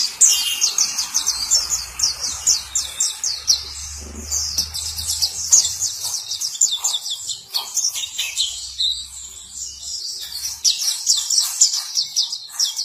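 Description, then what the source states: White-eye song: sustained high, sweet twittering phrases running on for the whole stretch, with quick descending slurred notes and short gaps. Sweet long song.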